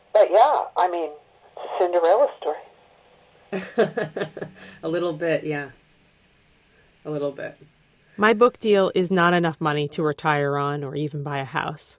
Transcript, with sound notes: But yeah, I mean, Cinderella story.
(Soundbite of laughter) A little bit, yeah. A little bit. My book deal is not enough money to retire on or even buy a house,